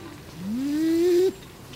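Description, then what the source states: Kererū coo, a single low note rising for about a second, then cutting off abruptly. Green-blue pigeon native to New Zealand.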